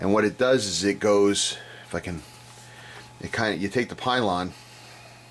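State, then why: Not seated. Someone talks while handling a plastic nacelle pylon from a Polar Lights Cadet Series USS Enterprise model kit, lining up the hook at the pylon's end with its slot in the hull. Speech fills the clip over a steady low hum, with no distinct snap or click. The pylon has not been pushed home yet, and nothing has seated or clicked.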